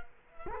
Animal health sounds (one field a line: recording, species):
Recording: mosquito wingbeat signal from an infrared sensor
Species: Culex quinquefasciatus